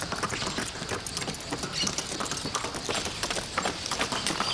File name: Cavalos trotando no asfalto com vento suave nas arvores, pessoas, cachorro, passaros